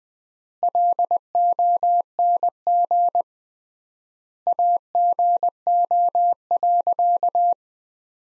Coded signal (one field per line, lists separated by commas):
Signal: Morse code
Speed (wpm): 20 wpm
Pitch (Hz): 700 Hz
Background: none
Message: LONG AGO.